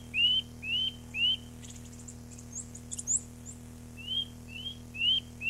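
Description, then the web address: Eurasian nuthatch song: clear rising whistles repeated about twice a second in two bursts, with thin high chirps in the pause. Recorded 29 April 1994. "birdsong 29 04 94 Seuropea"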